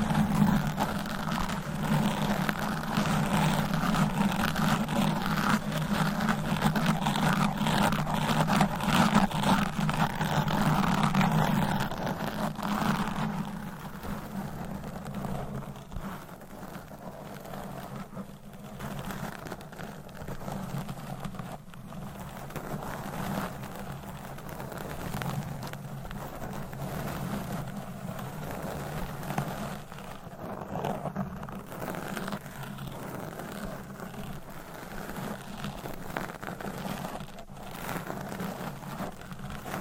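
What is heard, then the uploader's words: Fingernails scratch across a microphone in a dense, continuous rasping texture with a steady low rumble underneath. The first twelve seconds are louder and fuller, then the scratching drops to a softer, thinner level, with quick strokes and brief crackles through the rest. ASMR Mic Scratching Brain Scratching with Different Nail Shapes Asmr No Talking.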